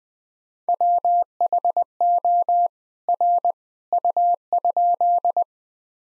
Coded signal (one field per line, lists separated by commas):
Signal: Morse code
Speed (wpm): 20 wpm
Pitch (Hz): 700 Hz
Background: none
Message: WHO R U?